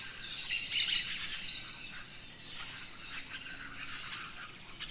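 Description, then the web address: Birds chirping together in a blurred, continuous chorus of high notes, with a few clearer whistles early on. Dawn chorus of rainforest birds, Gran Sabana, Venezuela. "naturescapes Birds in the Rainforest Dawn Venezuela Gran Sabana"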